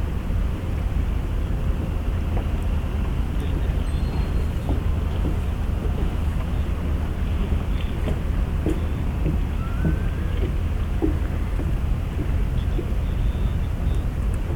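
Port of Yokohama: a steady, dense rumble of engines and machinery fills the low end throughout, with a constant wash of noise above it. Small knocks and clicks come through irregularly, and a brief rising whine appears around the tenth second.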